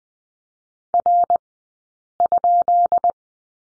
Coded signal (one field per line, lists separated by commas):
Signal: Morse code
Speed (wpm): 20 wpm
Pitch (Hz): 700 Hz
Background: none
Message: R?